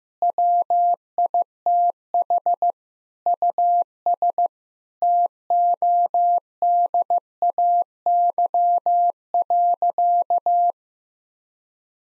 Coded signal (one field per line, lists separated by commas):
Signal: Morse code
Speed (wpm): 15 wpm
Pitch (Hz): 700 Hz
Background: none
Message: WITH US TODAY.